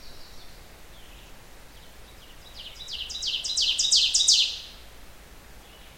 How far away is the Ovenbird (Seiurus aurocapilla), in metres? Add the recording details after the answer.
about 5 m. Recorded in boreal forest in Alberta, Canada, on 16 June 2016 at 05:31. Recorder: SongMeter 3, array SBT-3-32. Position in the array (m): 108 m, 140 m. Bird 37